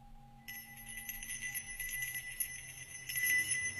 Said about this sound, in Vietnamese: Hoàng Kính lấy từ trong túi ra một cái chuông, lắc lên thật mạnh.